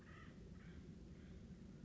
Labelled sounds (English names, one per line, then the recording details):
Acorn Woodpecker
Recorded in Sonoma County, California